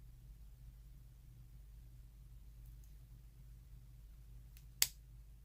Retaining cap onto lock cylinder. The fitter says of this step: on snaps in place make sure it's there kind of just give you a test hold